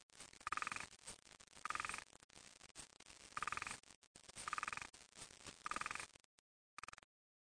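Frog calls in a series of short, rasping, buzzy bursts, five in a row, then a brief final burst.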